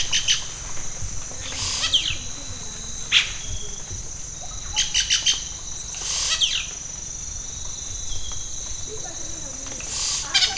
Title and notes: Parque Nacional Natural Amacayacu, Amazonas, Colombia - Pájaro Arrendajo. Este pájaro imita a otras aves, ranas y hasta machete afilando